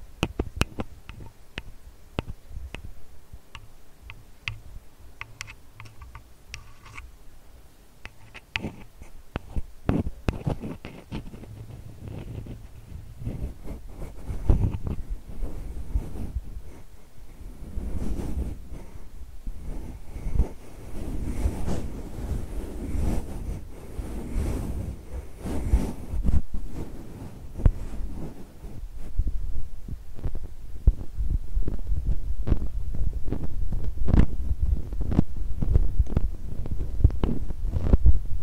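ASMR tapping and scratching: quick, irregular taps and clicks, sparse at first, then denser and louder with a low rumble after about fifteen seconds.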